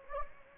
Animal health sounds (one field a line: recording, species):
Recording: mosquito wingbeat signal from an infrared sensor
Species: Anopheles gambiae